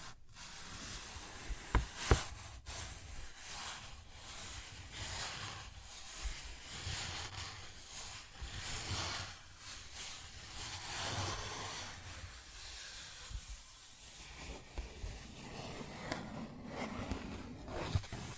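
A paper bag is scratched and rubbed in a continuous crinkly hiss that swells and fades, with a few sharp taps near two seconds and the end.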